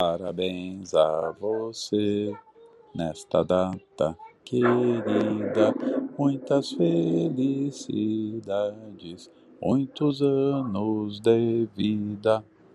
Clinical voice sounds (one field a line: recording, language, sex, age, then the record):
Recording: short text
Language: Brazilian Portuguese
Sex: male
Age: 60 to 69 years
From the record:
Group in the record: control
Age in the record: 62 years